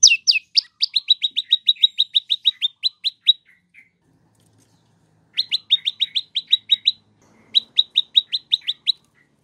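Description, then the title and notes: Prinia song: fast series of sharp high chirps, about six per second, in three bursts separated by pauses. Song used for training captive birds. "Masteran Terapi Prenjak. Burung Prenjak"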